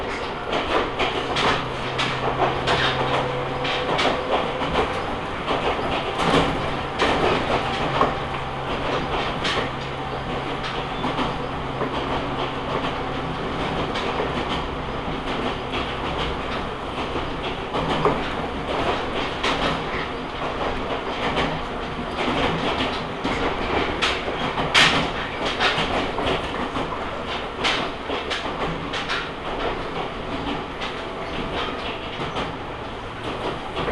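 A ride aboard an Omi Railway train heading toward Kibukawa, with a steady, dense rumble and rattle of the carriage throughout. Low droning tones rise and fall, frequent clicks and knocks from the wheels and car body punctuate it, and a sharp squeal stands out near 25 seconds.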